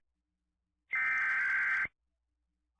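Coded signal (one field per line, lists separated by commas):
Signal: Emergency Alert System (SAME) tones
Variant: header bursts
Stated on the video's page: Mock EAS scenario about a blizzard.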